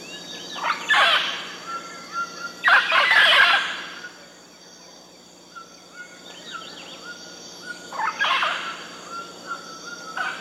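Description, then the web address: Mealy amazon letting out a few loud, grating squawk bursts one to several seconds apart, with thin whistles and a steady hum between. Recorded in the eastern lowlands of South America. "Natures Songs S America Eastern Lowlands. Mealy Amazon"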